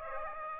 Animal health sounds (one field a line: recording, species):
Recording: mosquito wingbeat signal from an infrared sensor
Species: Aedes aegypti